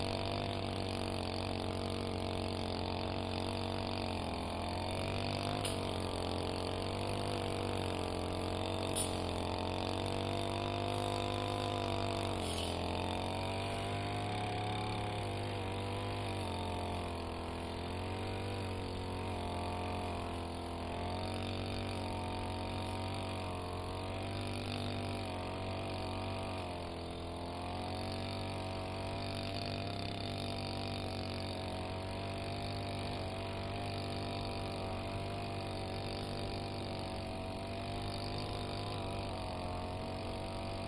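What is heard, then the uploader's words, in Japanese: A brush cutter runs steadily through a sweet potato field, its droning engine wavering slightly in pitch as it works between the rows. 環境音 機械音あり サツマイモ畑の草刈り。サツマイモの畝間を行ったり来たり、ひたすら草刈り機で草刈りです。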